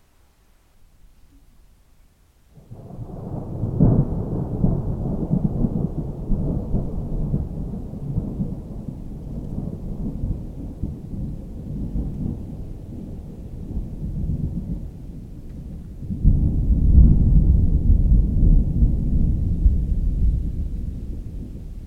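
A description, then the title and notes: Thunder rolls in after a quiet first two seconds, a deep rumbling that builds quickly and stays heavy and low, crackling unevenly. Around sixteen seconds a second, louder peal surges up, then slowly eases off toward the end. Listen to the thrilling rumble of a storm rising over Dorset. It's a summer evening in a Dorset coomb near the coast. The shadows are long but the dusky sun will be short-lived as clouds threaten. Recorded by Kevin Parr.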